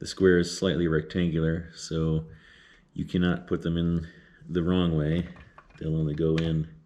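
Someone talks while handling a plastic push clip at the keyed, slightly rectangular square hole of a Rago Fabrication ditch light bracket on an FJ Cruiser; the hole's shape lets the clip go in only one way. Only speech and faint handling are heard, and nothing has seated or clicked yet.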